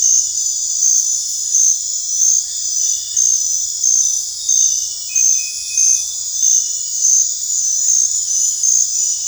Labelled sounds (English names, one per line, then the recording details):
none
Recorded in dense forest near Puerto Asís, Putumayo, Colombia, on 21 December 2024 at 21:30
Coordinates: 0.468, -76.322
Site G071